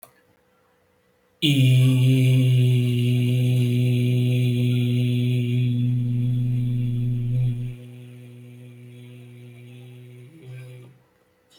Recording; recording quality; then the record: sustained vowel as in beet; excellent, no background noise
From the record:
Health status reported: healthy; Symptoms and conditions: none ticked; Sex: male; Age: 29 years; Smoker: not ticked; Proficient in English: yes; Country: India